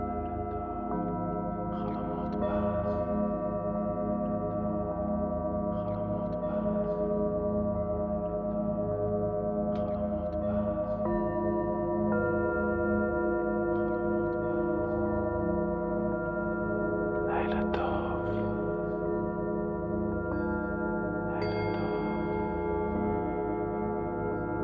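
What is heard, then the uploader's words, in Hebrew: Tibetan singing bowls ring in layered, sustained tones that hang steady throughout, with a slow wavering beat in the low hum. Fresh strikes arrive every few seconds, near 2, 6, 10, 17 and 21 seconds, each adding a bright shimmer that fades. קערות טיבטיות.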